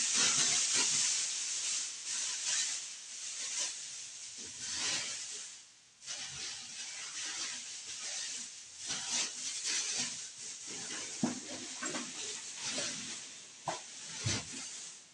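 Spraying and wiping: bright, hissing bursts come one after another across the whole stretch, dense at the start and easing briefly around six seconds. Short rubbing scrapes and small knocks break up the hiss at uneven intervals.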